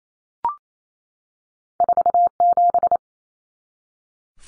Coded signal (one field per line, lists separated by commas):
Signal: Morse code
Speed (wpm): 28 wpm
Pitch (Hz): 700 Hz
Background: none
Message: 47